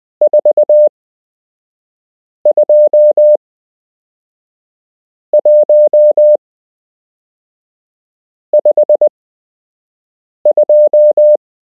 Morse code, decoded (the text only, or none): 42152